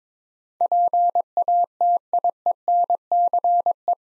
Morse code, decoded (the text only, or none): PATIENCE